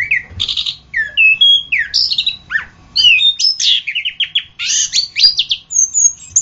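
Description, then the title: Orange-headed thrush song of clear, varied whistled notes, some rising and some falling, mixed with harsher buzzy phrases in quick succession. "anis kembang"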